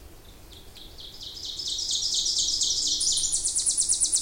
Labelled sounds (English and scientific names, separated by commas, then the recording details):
Ovenbird (Seiurus aurocapilla) song
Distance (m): 20 m
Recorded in boreal forest in Alberta, Canada, on 26 May 2016 at 07:26
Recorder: SongMeter 3, array SBT-3-15
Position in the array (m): 38 m, 234 m
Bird 20